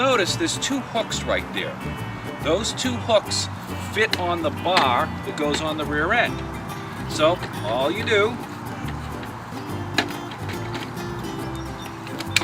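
Someone talks over background music while handling a UGo mobility scooter, lining up the two metal hooks on the front frame section with the metal bar on the rear section. Brief sharp knocks are heard near 10.0 s and around 12.2 to 12.4 s. Nothing has seated or clicked yet.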